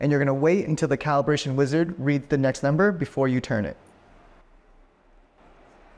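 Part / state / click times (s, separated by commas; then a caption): calibration tool dial on an intraoral scanner tip / not seated / none. Someone talks while handling the calibration tool dial on the tip of a Medit i700W intraoral scanner, with speech filling the first 3.7 seconds and then only faint low background noise. The dial is being turned toward position 4, where it will click firmly into place, but nothing has clicked or seated yet.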